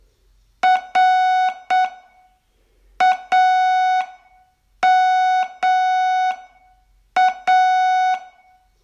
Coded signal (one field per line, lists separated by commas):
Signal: Morse code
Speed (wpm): 7 wpm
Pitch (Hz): 740 Hz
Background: none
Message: RAMA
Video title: Learn Morse in 42 Days from VU2LAU - day20 Test